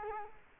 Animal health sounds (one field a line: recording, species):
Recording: mosquito wingbeat signal from an infrared sensor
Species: Culex quinquefasciatus